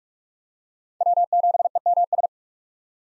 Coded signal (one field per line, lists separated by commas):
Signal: Morse code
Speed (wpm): 44 wpm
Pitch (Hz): 700 Hz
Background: none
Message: W7EMS